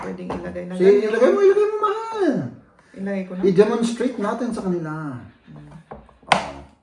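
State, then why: Seated. A divider piece is pushed into a drawer organizer while someone talks. A couple of faint taps come just before a sharp click at 6.3 s as the divider seats into place.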